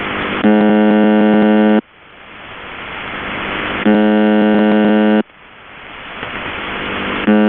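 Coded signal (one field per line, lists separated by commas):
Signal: channel marker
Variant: UVB-76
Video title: The Buzzer (4625khz) - Live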